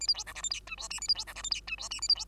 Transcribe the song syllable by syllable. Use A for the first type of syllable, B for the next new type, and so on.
A B C D E F G H I J A B C D E F G H I J A B C